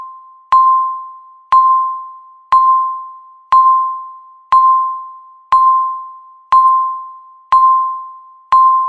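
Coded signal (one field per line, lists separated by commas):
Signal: radio time signal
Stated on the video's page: Countdown timer beeping every second, with a loud alarm at zero.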